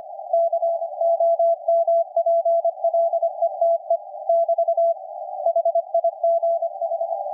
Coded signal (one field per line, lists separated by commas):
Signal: Morse code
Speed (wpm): 25 wpm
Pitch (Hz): 670 Hz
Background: none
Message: K OMPLETE <BT> HIGH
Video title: KPH San Francisco Radio. California. USA. 17.016 5 kHz CW. RSPdx. SdrUno. Fldigi.